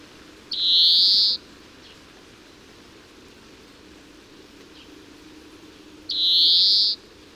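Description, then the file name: European greenfinch repeating a wheezy, buzzy drawn-out note twice, roughly five and a half seconds apart, each slightly rising, against a soft steady background. "Chloris chloris"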